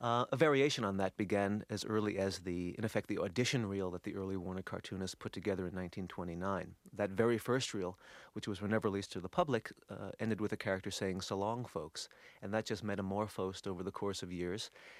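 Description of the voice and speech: A man speaks fluently and clearly in an even, low-pitched voice, with ordinary pauses between phrases.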